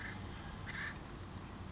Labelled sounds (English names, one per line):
Acorn Woodpecker